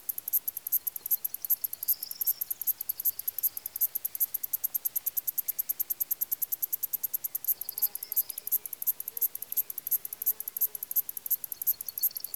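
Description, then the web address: Cricket chirping as a rapid, continuous high-pitched pulse train throughout, with brief faint other chirps now and then. Countryside, Greece. "BBC Sound Effects Library- (Greece) Countrysde crikets"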